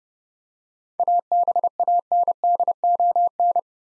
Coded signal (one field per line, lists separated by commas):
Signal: Morse code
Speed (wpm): 30 wpm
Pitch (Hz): 700 Hz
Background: none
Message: ABANDON